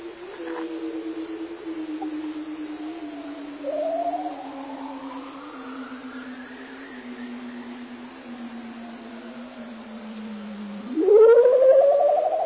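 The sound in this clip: Bearded seal trills, a long slowly descending warbled tone held for eleven seconds, overlapped by a rising sweep, ending with a sudden loud upward-sweeping call.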